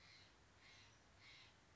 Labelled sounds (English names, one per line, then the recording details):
Steller's Jay
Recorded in Sonoma County, California